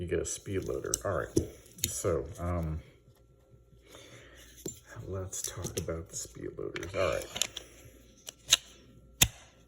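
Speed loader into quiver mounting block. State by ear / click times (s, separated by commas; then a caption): seated / 9.2 s. Someone talks, then a 3D-printed plastic speed loader for a Steambow AR-6 series is pushed into its quiver mounting block. A few faint handling taps are followed by a sharp click at 9.2 seconds as the speed loader seats in the holder.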